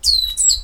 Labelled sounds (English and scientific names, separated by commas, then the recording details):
Stitchbird (Notiomystis cincta) song
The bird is a male
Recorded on Tiritiri Matangi Island, New Zealand, in 2005
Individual 8, of nest box 10